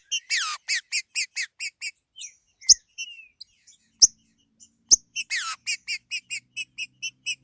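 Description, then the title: Green-winged saltator song: a fast run of repeated chirps, a pause with a few scattered notes and clicks, then the rapid series resumes. "Trinca Ferro"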